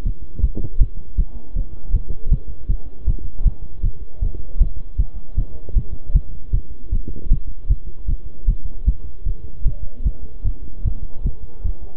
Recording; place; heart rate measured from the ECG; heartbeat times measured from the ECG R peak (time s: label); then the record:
heart sounds by stethoscope; between the tricuspid and mitral areas; 155 bpm
0.06 s: heartbeat
0.43 s: heartbeat
0.81 s: heartbeat
1.18 s: heartbeat
1.56 s: heartbeat
1.94 s: heartbeat
2.32 s: heartbeat
2.69 s: heartbeat
3.08 s: heartbeat
3.46 s: heartbeat
3.84 s: heartbeat
4.22 s: heartbeat
4.61 s: heartbeat
4.99 s: heartbeat
5.37 s: heartbeat
5.76 s: heartbeat
6.15 s: heartbeat
6.53 s: heartbeat
6.93 s: heartbeat
7.32 s: heartbeat
7.70 s: heartbeat
8.09 s: heartbeat
8.48 s: heartbeat
8.87 s: heartbeat
9.26 s: heartbeat
9.66 s: heartbeat
10.06 s: heartbeat
10.45 s: heartbeat
10.86 s: heartbeat
11.26 s: heartbeat
11.65 s: heartbeat
From the record:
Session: bicycle stress test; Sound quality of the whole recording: good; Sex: male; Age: 23 years